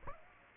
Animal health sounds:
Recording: mosquito wingbeat signal from an infrared sensor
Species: Aedes aegypti

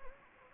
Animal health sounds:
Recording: mosquito wingbeat signal from an infrared sensor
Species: Anopheles gambiae

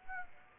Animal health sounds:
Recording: mosquito wingbeat signal from an infrared sensor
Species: Aedes aegypti

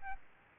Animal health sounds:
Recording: mosquito wingbeat signal from an infrared sensor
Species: Aedes albopictus

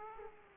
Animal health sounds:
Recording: mosquito wingbeat signal from an infrared sensor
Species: Aedes aegypti

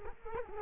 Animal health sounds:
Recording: mosquito wingbeat signal from an infrared sensor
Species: Culex quinquefasciatus

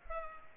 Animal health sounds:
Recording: mosquito wingbeat signal from an infrared sensor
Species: Culex pipiens

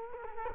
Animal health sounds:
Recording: mosquito wingbeat signal from an infrared sensor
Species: Culex quinquefasciatus

